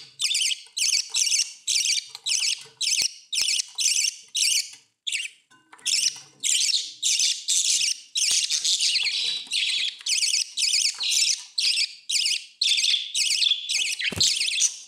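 Budgerigar chatter: warbled chirping in quick irregular bursts, running almost unbroken apart from one short pause.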